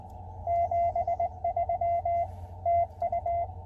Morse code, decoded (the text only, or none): 73 TU